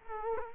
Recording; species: mosquito wingbeat signal from an infrared sensor; Culex quinquefasciatus